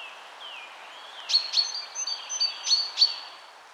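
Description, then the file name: Common chaffinch calling: two pairs of short, sharp, metallic notes over soft high whistles and faint sliding notes. "Fringilla coelebs"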